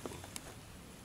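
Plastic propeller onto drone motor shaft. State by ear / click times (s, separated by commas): seated / 0.4 s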